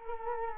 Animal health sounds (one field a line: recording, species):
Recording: mosquito wingbeat signal from an infrared sensor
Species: Culex quinquefasciatus